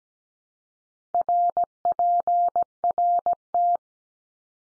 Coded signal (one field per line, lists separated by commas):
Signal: Morse code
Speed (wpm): 17 wpm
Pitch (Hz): 700 Hz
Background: none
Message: RPRT